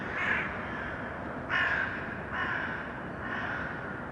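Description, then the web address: Crow caws, four hoarse calls roughly one second apart, the second loudest, over a background hiss. Urban crows; sound processed by detuning. "sonniss-gdc-audio detunized-urban-crows"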